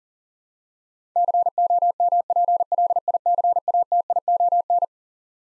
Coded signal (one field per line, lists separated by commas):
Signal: Morse code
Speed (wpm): 40 wpm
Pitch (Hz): 700 Hz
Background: none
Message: COMPLICATION